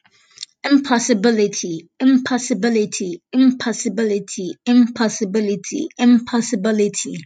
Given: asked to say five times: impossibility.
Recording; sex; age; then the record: repeated word; female; 18 to 19 years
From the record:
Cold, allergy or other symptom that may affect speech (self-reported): no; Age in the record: 19 years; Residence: Florida, United States